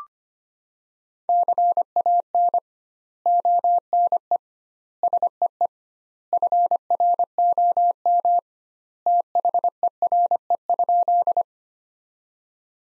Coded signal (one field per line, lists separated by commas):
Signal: Morse code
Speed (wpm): 25 wpm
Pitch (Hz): 700 Hz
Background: none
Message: CAN ONE SEE FROM THERE?